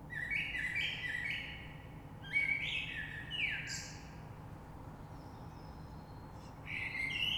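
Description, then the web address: Common blackbird singing fluty warbled phrases, each closing with thin high twittering, three phrases with gaps between them, against faint background hiss. Recorded on 3 March 2020. "oiseaux Rush Merle 3-3-2020"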